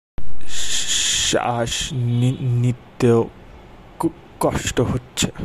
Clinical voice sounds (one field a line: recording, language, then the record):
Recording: elicited speech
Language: Bengali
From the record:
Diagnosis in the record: Broca's or global aphasia after a stroke